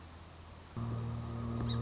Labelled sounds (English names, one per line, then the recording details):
Song Sparrow
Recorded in Sonoma County, California